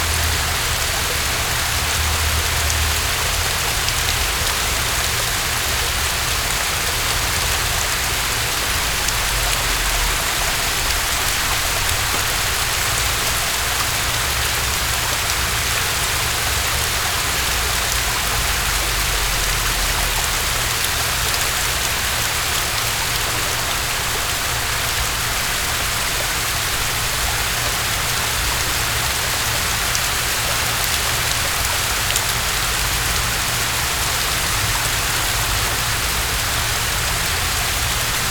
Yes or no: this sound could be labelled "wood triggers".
no